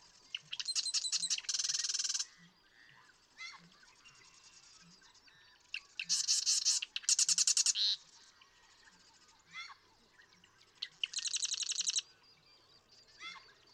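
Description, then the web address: Marsh Wren song: three rattling, buzzy trills, each led by dry ticking notes, with quieter clicks and pauses between bursts. "birdsongforthecurious Marsh Wren"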